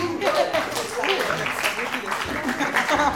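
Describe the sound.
A crowd applauds steadily at a birthday party as a musician is announced, a dense wash of many hands clapping at an even, fairly loud level throughout, with faint voices mixed in.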